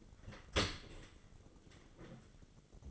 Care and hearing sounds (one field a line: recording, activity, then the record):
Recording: daily activity, microphone in the room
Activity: open dishwasher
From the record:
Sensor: 4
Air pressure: 1004.0 hPa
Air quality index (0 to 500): 152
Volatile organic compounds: 2 ppm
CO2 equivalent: 1084 ppm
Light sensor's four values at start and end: 28/67/28/31 and 29/69/29/31